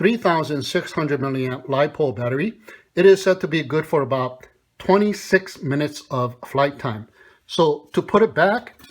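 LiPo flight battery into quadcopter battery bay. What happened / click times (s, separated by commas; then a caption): Handled, not yet home: the battery has not clicked into place / none. Someone talks while handling the 7.6 V 3600 mAh LiPo flight battery of a SNAPTAIN SP7100 5G WiFi FPV 4K GPS quadcopter, about to slide it back into the drone's battery bay. The clip ends before the battery goes in, so nothing has seated or clicked yet.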